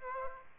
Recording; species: mosquito wingbeat signal from an infrared sensor; Aedes aegypti